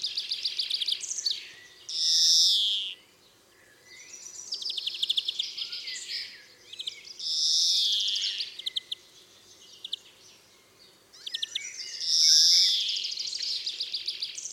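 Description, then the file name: European greenfinch singing: rapid chattering trills alternate with long nasal wheezes, each about a second, repeated three times throughout against light background hiss. "Chloris chloris"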